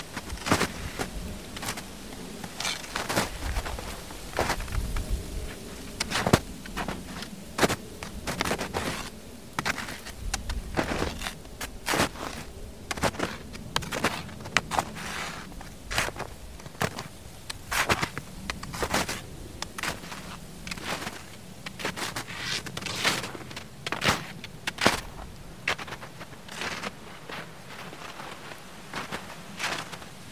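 Footsteps crunch through ice and snow at a steady walking pace, roughly two steps a second, each one a sharp, bright crackle. Between the steps a low rumble and faint hiss carry on continuously underneath, without pause for the full thirty seconds.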